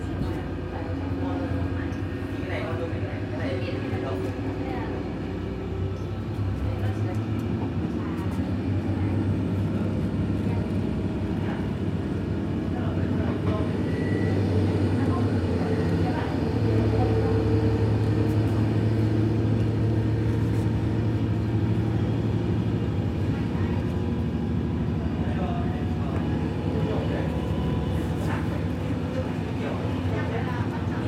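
An evening train ride with the steady rattle of the tracks rolling underneath. A deep, constant rumble holds the whole way through, with faint clicks and brief low hums rising and fading, and a few murmured voices now and then.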